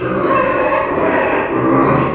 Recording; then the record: squeal of a Yucatan mini pig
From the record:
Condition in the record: before surgery on the right vocal fold (resection and tissue-engineered implant); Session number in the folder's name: 1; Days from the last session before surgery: -3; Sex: male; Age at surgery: 12 weeks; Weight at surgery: 13 kg